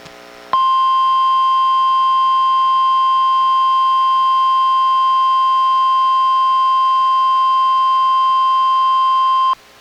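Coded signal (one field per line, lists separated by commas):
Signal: Emergency Alert System (SAME) tones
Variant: 1050 Hz attention tone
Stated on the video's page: NOAA Weather Radio Required Weekly Test issued by the weather service office, relayed by a weather radio transmitter, recorded from a weather radio receiver through an audio recorder.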